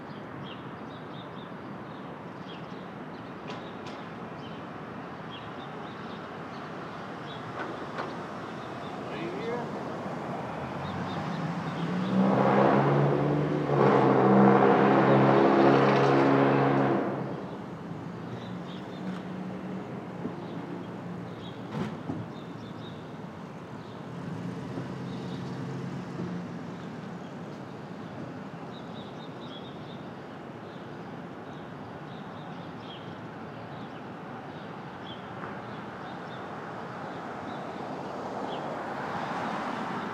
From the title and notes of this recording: Brooklyn Dawn. Street Traffic, Open Air II.